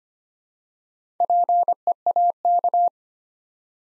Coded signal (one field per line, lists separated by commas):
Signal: Morse code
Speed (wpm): 25 wpm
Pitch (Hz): 700 Hz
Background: none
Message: PEAK